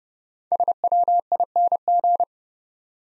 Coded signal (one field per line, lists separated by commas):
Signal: Morse code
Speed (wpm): 30 wpm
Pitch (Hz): 700 Hz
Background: none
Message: SWING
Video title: Easy Words with Hints - 30wpm